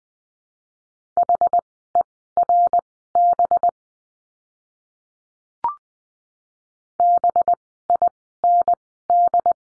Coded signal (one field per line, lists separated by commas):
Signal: Morse code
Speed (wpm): 20 wpm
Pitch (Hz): 700 Hz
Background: none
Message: HERB BIND